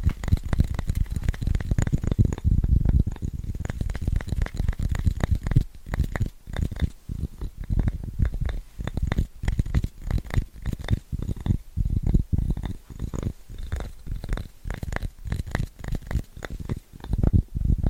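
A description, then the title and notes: Fast, scratchy tapping runs the full length in dense, irregular bursts, with a heavy low thud under each stroke and a dry crackle on top. The first three seconds are thickest and loudest; after that the taps come in quicker, separate clusters with brief gaps. ASMR Fast & Scratchy Tapping (No Talking).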